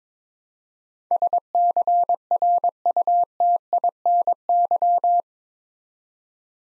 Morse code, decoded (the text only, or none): SCRUTINY